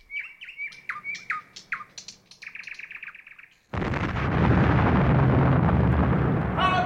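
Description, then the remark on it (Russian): A nightingale sings at night in shrubs above a river beyond barracks walls, a string of quick, repeated falling whistles, then a buzzy trill, before a sudden loud, roaring blast of noise cuts in and swamps the song. “Сила поющих соловьев.”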